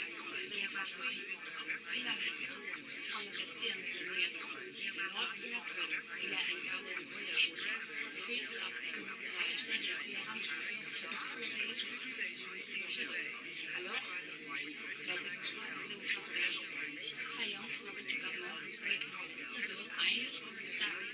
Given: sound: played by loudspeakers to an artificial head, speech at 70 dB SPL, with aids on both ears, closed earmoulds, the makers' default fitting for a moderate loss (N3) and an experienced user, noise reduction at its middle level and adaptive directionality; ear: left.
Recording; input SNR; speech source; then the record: speech test signal (ISTS) in cocktail-party noise; -6 dB; on the right (90 degrees)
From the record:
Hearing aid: class 2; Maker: H